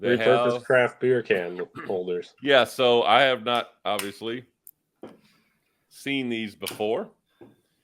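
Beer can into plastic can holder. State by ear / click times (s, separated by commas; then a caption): seated / 4.7 s. A beer can is snapped into a plastic craft beer can holder, and it seats with a short, sharp click at 4.7 seconds. Someone talks before and after the click.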